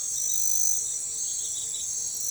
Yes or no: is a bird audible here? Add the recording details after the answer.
no. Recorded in forest near Pivijay, Magdalena, Colombia, on 15 April 2023 at 02:00. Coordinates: 10.467, -74.380. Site Z5-G034